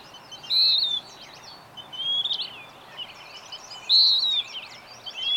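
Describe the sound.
Songbird with high, clear whistled phrases, two loud ones about three seconds apart, with softer sliding whistles between and constant background chirps.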